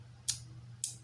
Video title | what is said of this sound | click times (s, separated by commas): Fix any ratchet in Beyblade X | And you can hear a click. | 0.3 s, 0.8 s